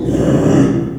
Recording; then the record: squeal of a Yucatan mini pig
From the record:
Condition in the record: after surgery on the right vocal fold (resection and tissue-engineered implant); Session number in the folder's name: 3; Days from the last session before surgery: 33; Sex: male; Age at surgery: 12 weeks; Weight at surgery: 13 kg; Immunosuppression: cyclosporine, prednisolone